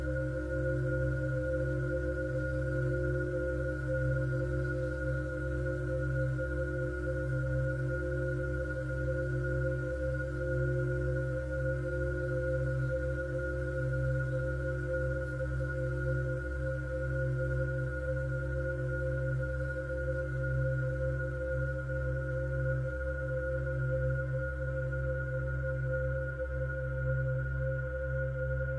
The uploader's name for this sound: Angel Tuning Fork - Frequency (528Hz & 963Hz) & Perfect Frequency (432Hz)